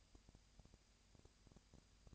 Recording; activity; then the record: daily activity, microphone in the room; no activity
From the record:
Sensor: 2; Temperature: 20.3 degrees Celsius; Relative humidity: 37.0%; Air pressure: 998.6 hPa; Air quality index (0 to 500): 236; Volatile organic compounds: 38 ppm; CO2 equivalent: 3120 ppm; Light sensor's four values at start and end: 2/3/2/2 and 2/3/2/2